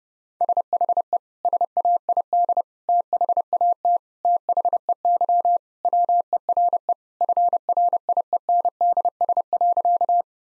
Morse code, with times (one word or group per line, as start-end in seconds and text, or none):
0.4-1.2 SHE
1.4-2.6 SAID
2.9-4.0 THAT
4.2-5.6 THEY
5.8-6.9 WERE
7.2-10.2 FRIENDS.